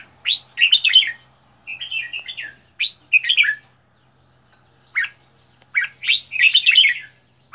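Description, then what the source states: Red-whiskered bulbul gives short, chattering whistled phrases separated by pauses, with notes sliding up and down in a lively pattern. Used to teach birds to sing, featuring 15 standard song styles.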